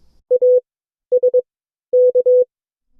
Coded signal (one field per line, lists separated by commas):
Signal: Morse code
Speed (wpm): 22 wpm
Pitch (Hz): 500 Hz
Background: none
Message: ASK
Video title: CW Class - Session 4 (2026-02-12)